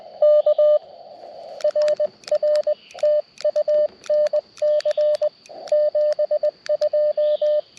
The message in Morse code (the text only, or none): K RR TU NC 72